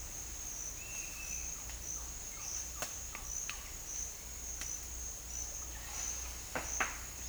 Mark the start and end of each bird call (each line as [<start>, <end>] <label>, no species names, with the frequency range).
[0.75, 1.56] bird call (1.6-3.5 kHz)
[2.30, 3.24] bird call (0.2-3.7 kHz)